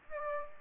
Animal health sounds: mosquito wingbeat signal from an infrared sensor; Aedes aegypti

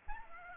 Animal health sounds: mosquito wingbeat signal from an infrared sensor; Aedes albopictus

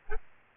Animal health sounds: mosquito wingbeat signal from an infrared sensor; Aedes albopictus

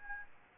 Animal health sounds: mosquito wingbeat signal from an infrared sensor; Aedes albopictus

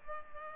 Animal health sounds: mosquito wingbeat signal from an infrared sensor; Culex pipiens

